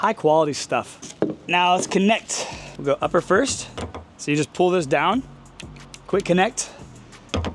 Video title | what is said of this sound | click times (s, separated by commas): Ice Barrel Chiller Review - Is it Worth the Hype? | push it up and it snaps right in there | 7.3 s